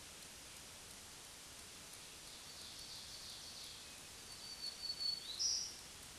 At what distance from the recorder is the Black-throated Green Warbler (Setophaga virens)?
about 35 m